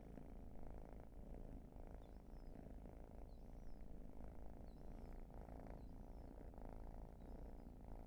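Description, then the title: Cat purring steadily, a low vibrating drone with gentle breath-paced pulses. "Field Recs Purrathon RAW"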